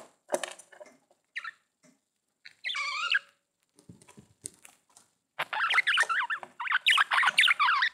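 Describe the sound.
Budgerigar warble, scattered clicks and scratches at first, then a steady stream of wavering chirpy notes.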